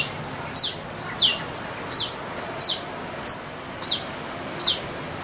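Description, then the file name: Sunbird calls: a short, high, sharp note that drops in pitch, repeated several times over faint background noise. "suara burungmadu dialam"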